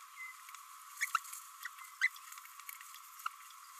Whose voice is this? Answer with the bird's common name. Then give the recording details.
Green-rumped Parrotlet. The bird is a female. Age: 27 days. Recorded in a nest box in Venezuela. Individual 17B32A5